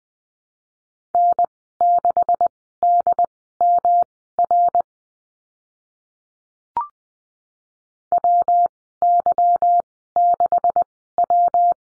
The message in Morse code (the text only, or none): N6DMR WY6W